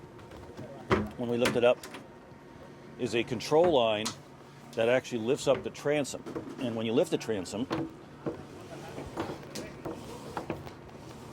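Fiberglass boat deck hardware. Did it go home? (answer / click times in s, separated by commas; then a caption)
no / none. On the stern of a Jeanneau Sun Odyssey 419 sailboat, the transom swim platform is being handled with a control line from the locker to lift it into its raised, locked position. Someone talks for most of the clip, followed by a few short, quiet knocks near the end. The platform has not locked into place yet; nothing has seated.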